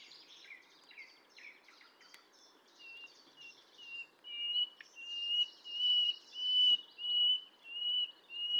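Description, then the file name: Common nightingale song: a few scratchy, varied notes, then a run of clear, loud whistled notes repeated about every half second, swelling in strength. "Luscinia megarhynchos"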